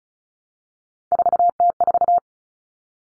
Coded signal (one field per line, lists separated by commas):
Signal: Morse code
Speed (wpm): 34 wpm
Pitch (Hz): 700 Hz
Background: none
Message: 4T4